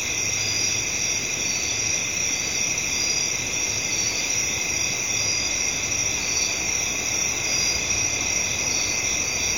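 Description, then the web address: Cricket chorus of continuous, shrill layered trills holding steady, with faint traffic noise rumbling below. Residential area at night, crickets with traffic in the background. "Residential Night Time Crickets,traffic In Bg, Ambience. Sound Ideas Series 2000"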